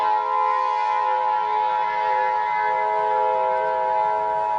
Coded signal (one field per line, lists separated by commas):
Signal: Emergency Alert System (SAME) tones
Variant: 853 and 960 Hz attention tone